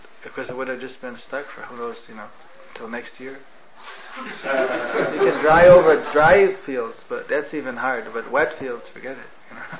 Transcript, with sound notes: because if it would have just stuck for who knows, you know till next year? (laugther) You can drive over dry fields, but that’s even hard, but wet fields forget it, you know.